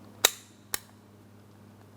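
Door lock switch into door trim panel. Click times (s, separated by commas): 0.2 s, 0.7 s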